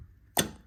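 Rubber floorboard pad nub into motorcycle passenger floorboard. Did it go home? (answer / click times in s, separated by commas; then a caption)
yes / 0.4 s. A rubber pad nub on a Harley-Davidson Street Glide / touring model passenger floorboard is pulled through a hole in the bottom of the floorboard. Against a faint low hum, a single short, sharp pop sounds at 0.4 s, and the nub is seated in place.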